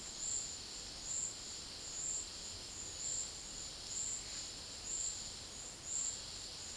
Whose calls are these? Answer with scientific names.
none